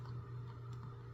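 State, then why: Not seated. A 3D printed plastic dice case bottom piece is being slid over its mating pivot/selector part to test whether it snaps into place. A steady low hum runs throughout, with faint handling ticks and a small sharp sound near 0.1 s. Nothing has seated or clicked yet.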